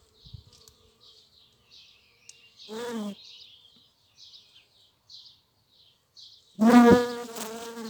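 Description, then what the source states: Bees and mason bees: bee flight buzz in two bursts, a short harmonic hum near three seconds and a louder droning pass starting near seven seconds, with faint high chirps between. Bees and a mason bee in flight; file labelled 220507.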